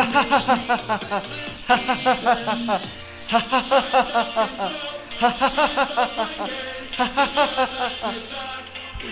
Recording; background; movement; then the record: laughter; music; sitting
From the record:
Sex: male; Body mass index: 20.6 kg/m2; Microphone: on the chest, facing the body